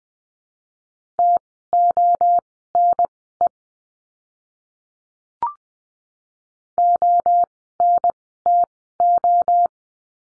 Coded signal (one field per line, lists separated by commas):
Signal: Morse code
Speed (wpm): 20 wpm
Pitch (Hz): 700 Hz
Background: none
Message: TONE ONTO